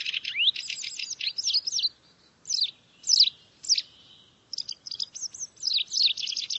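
Bird song: a rapid, varied jumble of high chirps, slurred whistles and trills in bursts separated by brief pauses, with no other clear sounds.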